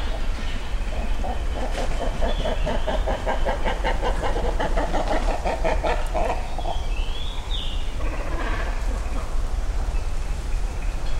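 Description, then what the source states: Great cormorant gargling call: a long, rapid series of harsh pulsed croaks lasting several seconds, then a thin rising whistle from another bird, over constant low rumble. Nesting colony high in trees along Yasugawa river, Ritto City, Shiga Prefecture, Japan; Sony PCM-M10 recorder with small omnidirectional mics tied to a tree; only trimmed and faded.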